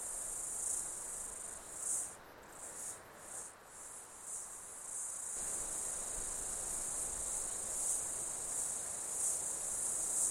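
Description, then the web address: Insects in a shrill high chorus with irregular pulsing swells early, then a steadier drone. Insects during an Australian summer, outdoors. "Foundation 1 AMBIENCE AUSTRALIAN SUMMER INSECTS"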